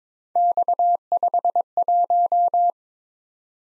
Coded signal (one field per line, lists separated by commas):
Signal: Morse code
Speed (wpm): 22 wpm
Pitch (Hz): 700 Hz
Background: none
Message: X51